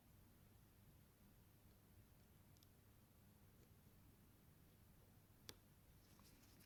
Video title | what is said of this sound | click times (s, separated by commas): HTC 10 Mobile Phone Battery Replacement | there you can just hear a little tiny click as they go on in place but make sure they're lined up first | 5.5 s